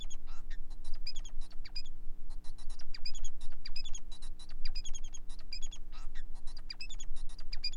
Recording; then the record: song of a male Bengalese finch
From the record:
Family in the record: son of father 4